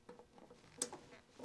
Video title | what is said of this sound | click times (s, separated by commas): How To Connect your MAC to the Thunder Laser BOLT. ADHOC Direct Ethernet Cable Connection. 003 4K | Till You Hear The Click you're going to take the other end | 0.8 s